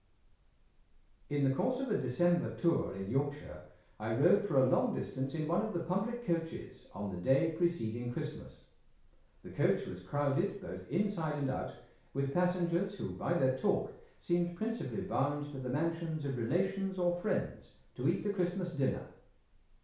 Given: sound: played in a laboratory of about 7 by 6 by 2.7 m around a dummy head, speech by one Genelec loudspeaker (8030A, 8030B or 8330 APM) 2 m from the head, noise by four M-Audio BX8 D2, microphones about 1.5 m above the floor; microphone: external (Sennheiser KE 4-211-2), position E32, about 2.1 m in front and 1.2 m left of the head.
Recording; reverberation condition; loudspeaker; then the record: male speech in English; medium; 60 degrees to the left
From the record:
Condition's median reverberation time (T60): about 510 ms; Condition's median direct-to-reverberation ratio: about -0.5 dB